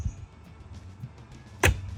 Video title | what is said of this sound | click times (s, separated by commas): Empty Gray Water and Cassette Toilet on Winnebago Solis 59P | listen for the click and you're done | 1.7 s